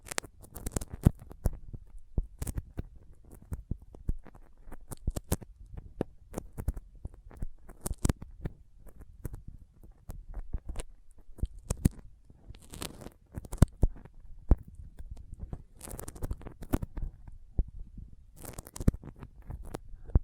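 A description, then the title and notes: Sticky fingers peel and tap in a dense, irregular stream of sharp clicks and smacking pops over a soft low rumble throughout. ASMR Intense Sticky Finger Sounds (No Talking).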